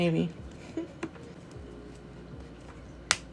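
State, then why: Seated. A replacement ear cushion is pressed onto the ear cup of a SteelSeries Arctis Pro headset while someone talks. A few small taps come at about 0.8 s and 1.0 s. A sharp, bright click at 3.1 s marks the cushion clips snapping in, and the cushion is seated.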